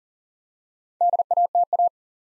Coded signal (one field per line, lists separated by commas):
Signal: Morse code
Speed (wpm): 38 wpm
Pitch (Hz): 700 Hz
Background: none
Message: DATA